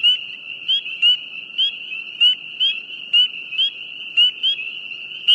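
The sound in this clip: Frog calling: a continuous high, steady trill with short chirps laid over it at irregular intervals, over a faint background hiss.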